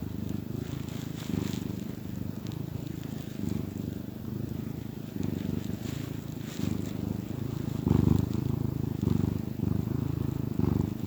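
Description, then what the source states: Domestic cat giving a continuous low, pulsing purr that grows slightly louder toward the end, with light shuffling noises. Happy domestic cat purring.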